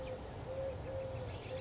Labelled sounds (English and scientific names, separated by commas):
Eurasian Collared Dove (Streptopelia decaocto)